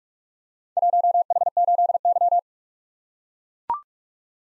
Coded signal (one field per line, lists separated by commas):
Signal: Morse code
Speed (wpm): 44 wpm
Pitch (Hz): 700 Hz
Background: none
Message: 1H8Y